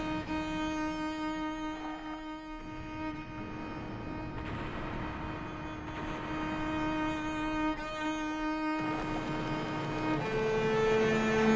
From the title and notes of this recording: Featuring a binaural recording of a walk in Long Island City, Queens, and a quintet of midi-based instruments.